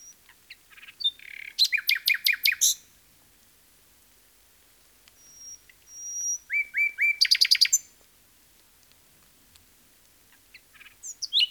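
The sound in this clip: Common nightingale song: phrases of rapid repeated notes and sharp chattering trills, separated by pauses of several seconds, with a brief whistled note between bursts.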